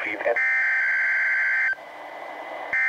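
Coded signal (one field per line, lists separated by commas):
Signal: Emergency Alert System (SAME) tones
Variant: header bursts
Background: speech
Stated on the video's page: NOAA Weather Radio required weekly test relayed from Astoria, received on a Reecom R-1630 recorded directly and a Midland WR-120EZ recorded via microphones.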